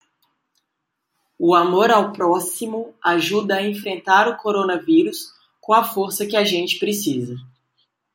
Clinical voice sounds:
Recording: spoken sentence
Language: Brazilian Portuguese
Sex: female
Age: 30 to 39 years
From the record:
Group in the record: control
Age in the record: 31 years

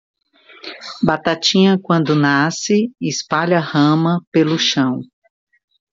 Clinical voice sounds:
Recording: short text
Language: Brazilian Portuguese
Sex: female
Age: 50 to 59 years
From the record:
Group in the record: control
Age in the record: 56 years

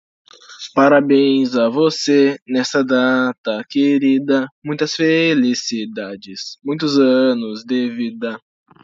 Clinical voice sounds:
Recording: short text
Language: Brazilian Portuguese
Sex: male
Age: 18 to 19 years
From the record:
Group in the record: control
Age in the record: 19 years

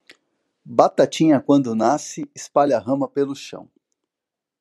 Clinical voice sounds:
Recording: short text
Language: Brazilian Portuguese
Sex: male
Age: 40 to 49 years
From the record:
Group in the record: control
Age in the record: 40 years

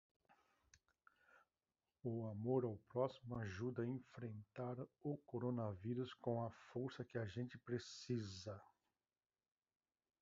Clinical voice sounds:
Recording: spoken sentence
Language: Brazilian Portuguese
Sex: male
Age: 50 to 59 years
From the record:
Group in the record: control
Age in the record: 58 years

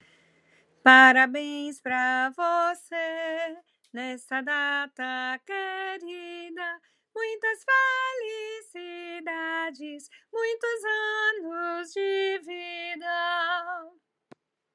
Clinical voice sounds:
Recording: short text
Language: Brazilian Portuguese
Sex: female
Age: 50 to 59 years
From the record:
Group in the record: control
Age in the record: 58 years

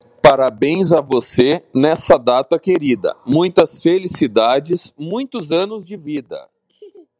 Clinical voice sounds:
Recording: short text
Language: Brazilian Portuguese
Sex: male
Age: 40 to 49 years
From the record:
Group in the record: control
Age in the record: 42 years

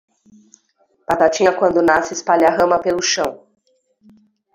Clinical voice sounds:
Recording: short text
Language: Brazilian Portuguese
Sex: female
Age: 40 to 49 years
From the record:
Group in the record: control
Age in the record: 42 years

